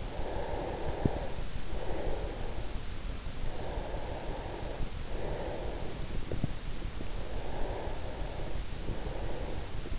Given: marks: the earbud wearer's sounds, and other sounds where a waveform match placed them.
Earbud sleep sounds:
sounds in sleep by an in-ear microphone; breath
0.00-2.83 s: breath
3.38-6.41 s: breath
6.89-9.99 s: breath

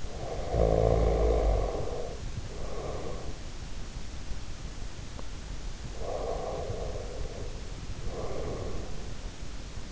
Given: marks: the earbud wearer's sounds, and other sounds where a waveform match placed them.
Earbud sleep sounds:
sounds in sleep by an in-ear microphone; snoring breath, breath
0.00-3.70 s: snoring breath
5.98-9.36 s: breath

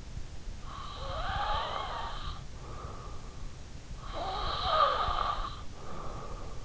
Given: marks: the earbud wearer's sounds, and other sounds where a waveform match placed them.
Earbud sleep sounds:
sounds in sleep by an in-ear microphone; breath
0.57-2.86 s: breath
3.77-6.06 s: breath

